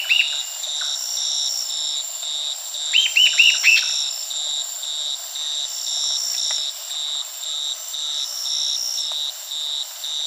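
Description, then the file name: Bird gives one clear burst of five arched, bouncing notes after a few seconds, with a faint note at the start, over steady high buzzing. "SABIOD 50 bird 2015"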